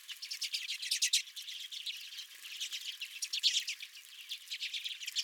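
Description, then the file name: Redpolls giving rapid buzzy chattering calls, a continuous overlapping flock chorus with louder bursts near the start and middle. Several redpolls at the recordist's feeder. "Redpolls at My Feeder"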